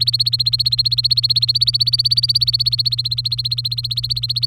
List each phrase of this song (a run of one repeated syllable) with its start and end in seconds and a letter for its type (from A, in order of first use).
0.00-4.46 A